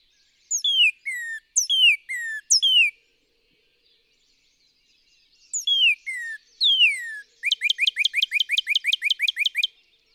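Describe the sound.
Northern cardinal song: three falling whistled phrases, a pause, then slurred notes ending in a rapid run of short chipping whistles.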